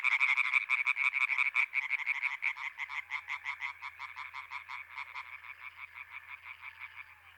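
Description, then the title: European tree frog chorus, loud rapid croaking at first that gradually weakens into a softer, blurred rattling chorus. Chorus at Étang des Marguilliers pond, Sologne, France, 21 May 1993, one hour after nightfall, intense calling activity. "Choeur de rainettes en Sologne"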